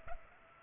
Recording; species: mosquito wingbeat signal from an infrared sensor; Culex pipiens